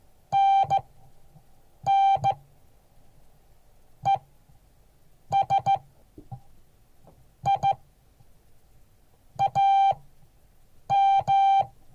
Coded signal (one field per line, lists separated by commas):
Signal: Morse code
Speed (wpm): 15 wpm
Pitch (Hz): 790 Hz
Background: none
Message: NN ES I AM